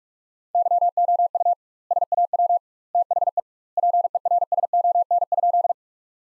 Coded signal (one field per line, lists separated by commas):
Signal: Morse code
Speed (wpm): 46 wpm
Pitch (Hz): 700 Hz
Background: none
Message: YOU SAW THE PERSON?